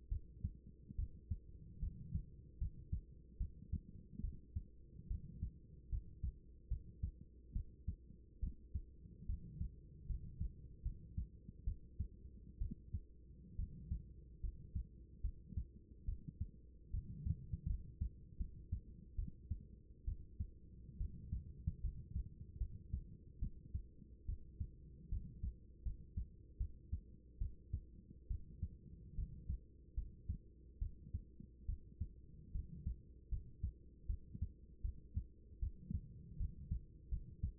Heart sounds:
heart sounds by stethoscope; 73 bpm
0.08 s: heartbeat
0.95 s: heartbeat
1.79 s: heartbeat
2.58 s: heartbeat
3.37 s: heartbeat
4.21 s: heartbeat
5.07 s: heartbeat
5.89 s: heartbeat
6.68 s: heartbeat
7.52 s: heartbeat
8.40 s: heartbeat
9.26 s: heartbeat
10.06 s: heartbeat
10.82 s: heartbeat
11.64 s: heartbeat
12.58 s: heartbeat
13.56 s: heartbeat
14.40 s: heartbeat
15.21 s: heartbeat
16.05 s: heartbeat
16.90 s: heartbeat
17.66 s: heartbeat
18.37 s: heartbeat
19.15 s: heartbeat
20.04 s: heartbeat
20.97 s: heartbeat
21.80 s: heartbeat
22.58 s: heartbeat
23.39 s: heartbeat
24.25 s: heartbeat
25.09 s: heartbeat
25.82 s: heartbeat
26.57 s: heartbeat
27.38 s: heartbeat
28.27 s: heartbeat
29.15 s: heartbeat
29.94 s: heartbeat
30.78 s: heartbeat
31.65 s: heartbeat
32.51 s: heartbeat
33.29 s: heartbeat
34.06 s: heartbeat
34.81 s: heartbeat
35.59 s: heartbeat
36.37 s: heartbeat
37.09 s: heartbeat
From the record:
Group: healthy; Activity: rest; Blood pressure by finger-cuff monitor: 107/68 mmHg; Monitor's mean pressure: 84 mmHg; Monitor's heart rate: 73 bpm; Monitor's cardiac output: 6 L/min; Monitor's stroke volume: 83 mL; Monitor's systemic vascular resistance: 1030 dyn s/cm5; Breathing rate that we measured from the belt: 16 breaths a minute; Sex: female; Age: 24 years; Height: 163 cm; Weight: 55.7 kg

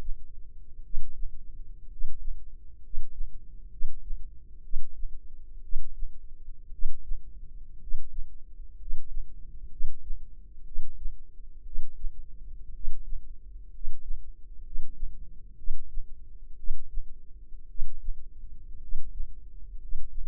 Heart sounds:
heart sounds by microphone in the left ear; 60 bpm
0.81 s: heartbeat
1.86 s: heartbeat
2.79 s: heartbeat
3.68 s: heartbeat
4.60 s: heartbeat
5.60 s: heartbeat
6.69 s: heartbeat
7.77 s: heartbeat
8.75 s: heartbeat
9.68 s: heartbeat
10.62 s: heartbeat
11.62 s: heartbeat
12.70 s: heartbeat
13.69 s: heartbeat
14.61 s: heartbeat
15.54 s: heartbeat
16.54 s: heartbeat
17.66 s: heartbeat
18.78 s: heartbeat
19.76 s: heartbeat
From the record:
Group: healthy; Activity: cold pressor test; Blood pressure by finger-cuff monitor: 102/57 mmHg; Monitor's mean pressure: 69 mmHg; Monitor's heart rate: 60 bpm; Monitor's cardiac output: 5.2 L/min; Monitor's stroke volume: 88 mL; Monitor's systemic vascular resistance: 950 dyn s/cm5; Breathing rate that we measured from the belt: 11 breaths a minute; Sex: male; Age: 25 years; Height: 170 cm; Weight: 70.4 kg

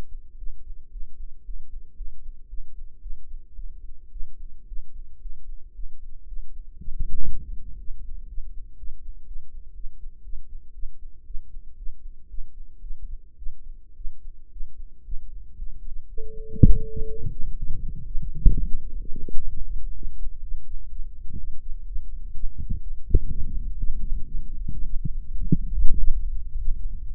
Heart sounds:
heart sounds by microphone in the right ear; 119 bpm
0.36 s: heartbeat
0.89 s: heartbeat
1.43 s: heartbeat
1.95 s: heartbeat
2.47 s: heartbeat
3.00 s: heartbeat
3.53 s: heartbeat
4.10 s: heartbeat
4.66 s: heartbeat
5.19 s: heartbeat
5.73 s: heartbeat
6.26 s: heartbeat
6.77 s: heartbeat
7.27 s: heartbeat
7.77 s: heartbeat
8.27 s: heartbeat
8.76 s: heartbeat
9.25 s: heartbeat
9.73 s: heartbeat
10.22 s: heartbeat
10.72 s: heartbeat
11.24 s: heartbeat
11.76 s: heartbeat
12.28 s: heartbeat
12.80 s: heartbeat
13.36 s: heartbeat
13.95 s: heartbeat
14.50 s: heartbeat
15.03 s: heartbeat
15.56 s: heartbeat
16.07 s: heartbeat
16.58 s: heartbeat
17.08 s: heartbeat
17.56 s: heartbeat
18.04 s: heartbeat
18.52 s: heartbeat
18.99 s: heartbeat
19.47 s: heartbeat
19.94 s: heartbeat
20.42 s: heartbeat
20.89 s: heartbeat
21.37 s: heartbeat
21.86 s: heartbeat
22.34 s: heartbeat
22.81 s: heartbeat
23.29 s: heartbeat
23.77 s: heartbeat
24.25 s: heartbeat
24.72 s: heartbeat
25.19 s: heartbeat
25.66 s: heartbeat
26.13 s: heartbeat
26.59 s: heartbeat
27.06 s: heartbeat
From the record:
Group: healthy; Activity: rest 0-14 s, cold pressor test 14-27 s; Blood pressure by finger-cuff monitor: 139/80 mmHg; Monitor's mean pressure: 95 mmHg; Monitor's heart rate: 118 bpm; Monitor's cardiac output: 8.9 L/min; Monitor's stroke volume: 77 mL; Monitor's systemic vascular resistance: 770 dyn s/cm5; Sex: female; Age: 19 years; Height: 163 cm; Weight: 51 kg

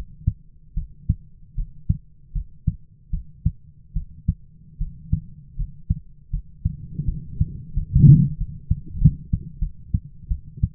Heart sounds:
heart sounds by stethoscope; 82 bpm
0.75 s: heartbeat
1.56 s: heartbeat
2.33 s: heartbeat
3.11 s: heartbeat
3.94 s: heartbeat
4.79 s: heartbeat
5.56 s: heartbeat
6.31 s: heartbeat
7.06 s: heartbeat
7.75 s: heartbeat
8.38 s: heartbeat
8.99 s: heartbeat
9.60 s: heartbeat
10.29 s: heartbeat
From the record:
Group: healthy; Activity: rest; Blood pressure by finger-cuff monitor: 126/74 mmHg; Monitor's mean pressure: 95 mmHg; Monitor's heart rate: 77 bpm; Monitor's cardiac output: 7.3 L/min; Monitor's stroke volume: 96 mL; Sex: female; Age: 22 years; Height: 161 cm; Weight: 65.5 kg

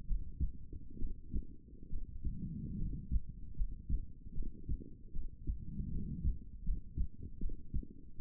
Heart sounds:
heart sounds by stethoscope; 74 bpm
0.05 s: heartbeat
0.97 s: heartbeat
1.88 s: heartbeat
2.76 s: heartbeat
3.54 s: heartbeat
4.33 s: heartbeat
5.11 s: heartbeat
5.89 s: heartbeat
6.63 s: heartbeat
7.38 s: heartbeat
8.15 s: heartbeat
From the record:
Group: healthy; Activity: rest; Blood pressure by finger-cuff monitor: 117/68 mmHg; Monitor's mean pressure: 86 mmHg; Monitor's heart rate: 76 bpm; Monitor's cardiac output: 6.9 L/min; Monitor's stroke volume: 98 mL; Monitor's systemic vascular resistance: 890 dyn s/cm5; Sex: female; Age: 23 years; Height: 160 cm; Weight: 50.4 kg

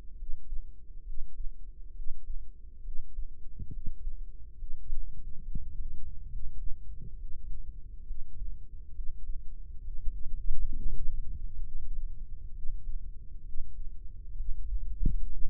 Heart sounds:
heart sounds by microphone in the left ear; 68 bpm
0.14 s: heartbeat
1.02 s: heartbeat
1.92 s: heartbeat
2.80 s: heartbeat
3.69 s: heartbeat
4.54 s: heartbeat
5.40 s: heartbeat
6.27 s: heartbeat
7.15 s: heartbeat
8.03 s: heartbeat
8.91 s: heartbeat
9.80 s: heartbeat
10.70 s: heartbeat
11.60 s: heartbeat
12.51 s: heartbeat
13.41 s: heartbeat
14.33 s: heartbeat
15.24 s: heartbeat
From the record:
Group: healthy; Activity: breath hold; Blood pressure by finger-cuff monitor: 94/61 mmHg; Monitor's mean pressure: 71 mmHg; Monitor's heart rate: 68 bpm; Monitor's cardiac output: 5 L/min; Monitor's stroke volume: 73 mL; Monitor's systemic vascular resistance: 930 dyn s/cm5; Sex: female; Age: 22 years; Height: 171 cm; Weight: 65.6 kg

